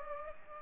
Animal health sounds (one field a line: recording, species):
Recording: mosquito wingbeat signal from an infrared sensor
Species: Culex pipiens